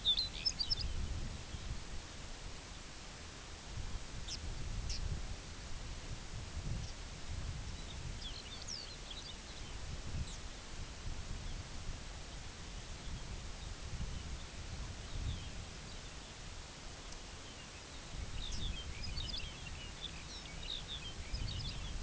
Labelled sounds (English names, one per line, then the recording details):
Lapland Longspur
unidentified sound
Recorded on Arctic tundra, site UTQI-2, on 17 June 2019
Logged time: 14:00